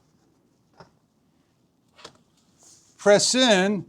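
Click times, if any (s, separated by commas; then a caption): none. The pole of a Furniedge 9 ft outdoor patio table umbrella with push-button tilt and crank is lifted and lined up with the hole in its pole joint hub, ready to be pressed in. Soft handling knocks come at about 0.8 s and 2.1 s, a faint rustle follows, and someone talks from about 3.0 s. Nothing has seated or clicked yet.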